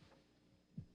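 Simulated adult heartbeat sound effect: low-pitched thuds heard during a lie detector test in a radio drama, as the suspect insists he is innocent.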